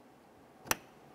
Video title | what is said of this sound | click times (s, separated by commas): How to Replace Front Power Window Motor 2005-2010 Chevy Cobalt | listen for a click give it a nice tug to make sure it's secure | 0.7 s